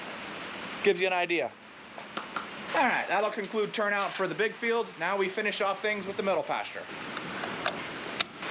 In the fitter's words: oh what a satisfying snap